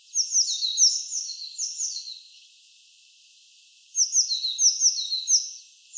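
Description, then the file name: Eurasian blue tit song: two high bursts of quick descending notes with a pause of nearly two seconds between them, and a third just starting at the end. "Cyanistes caeruleus"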